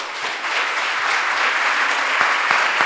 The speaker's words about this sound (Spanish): Ahora vamos a dar un aplauso al Señor. Pero vamos a hacerlo más fuerte porque es para el Señor.